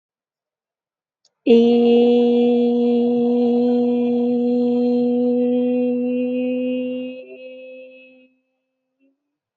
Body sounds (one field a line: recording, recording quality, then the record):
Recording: sustained vowel as in made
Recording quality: excellent, no background noise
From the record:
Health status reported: healthy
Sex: female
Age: 21 years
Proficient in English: yes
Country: India